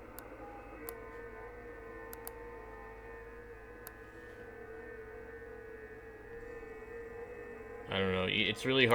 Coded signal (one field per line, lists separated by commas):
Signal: FT8